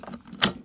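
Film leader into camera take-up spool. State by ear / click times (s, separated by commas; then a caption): seated / 0.4 s. The paper backing of 120 roll film is pulled across the film gate and pushed into the slot of the take-up spool in a Voigtländer Brilliant S TLR camera with a Heliar 75mm f3.5 lens. A few faint ticks come first, then a sharp, loud snap at 0.4 s as the leader pops in. The film leader is seated and locked into the take-up spool.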